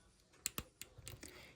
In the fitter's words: You hear that? There's like a double click to it.